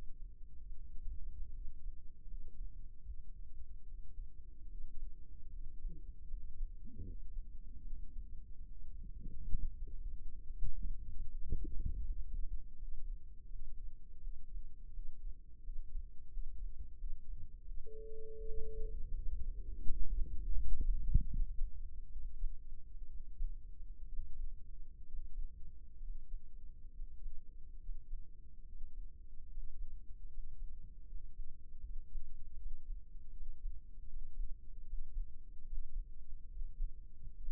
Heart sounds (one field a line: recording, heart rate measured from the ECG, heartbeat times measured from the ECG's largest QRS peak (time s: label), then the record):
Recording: heart sounds by microphone in the left ear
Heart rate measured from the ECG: 75 bpm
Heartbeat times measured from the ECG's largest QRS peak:
0.74 s: heartbeat
1.54 s: heartbeat
2.29 s: heartbeat
3.06 s: heartbeat
3.86 s: heartbeat
4.70 s: heartbeat
5.53 s: heartbeat
6.30 s: heartbeat
7.05 s: heartbeat
7.83 s: heartbeat
8.69 s: heartbeat
9.65 s: heartbeat
10.53 s: heartbeat
11.31 s: heartbeat
12.07 s: heartbeat
12.80 s: heartbeat
13.51 s: heartbeat
14.23 s: heartbeat
14.95 s: heartbeat
15.65 s: heartbeat
16.33 s: heartbeat
17.00 s: heartbeat
17.67 s: heartbeat
18.38 s: heartbeat
19.16 s: heartbeat
19.88 s: heartbeat
20.58 s: heartbeat
21.31 s: heartbeat
22.12 s: heartbeat
23.10 s: heartbeat
24.09 s: heartbeat
25.07 s: heartbeat
26.02 s: heartbeat
26.93 s: heartbeat
27.80 s: heartbeat
28.66 s: heartbeat
29.49 s: heartbeat
30.29 s: heartbeat
31.06 s: heartbeat
31.82 s: heartbeat
32.57 s: heartbeat
33.33 s: heartbeat
34.08 s: heartbeat
34.85 s: heartbeat
35.65 s: heartbeat
36.49 s: heartbeat
37.36 s: heartbeat
From the record:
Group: healthy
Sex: male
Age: 22 years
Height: 181 cm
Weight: 79 kg